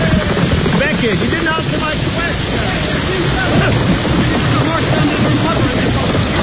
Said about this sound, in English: The rain is getting heavier, my lord.